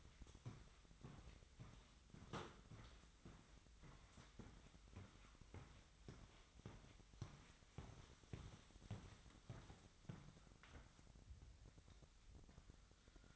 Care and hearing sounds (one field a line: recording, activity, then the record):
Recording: daily activity, microphone in the room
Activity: walk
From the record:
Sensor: 3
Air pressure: 1001.6 hPa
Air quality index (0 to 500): 226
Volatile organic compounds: 32 ppm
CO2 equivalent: 3006 ppm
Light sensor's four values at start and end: 12/36/15/13 and 12/36/16/13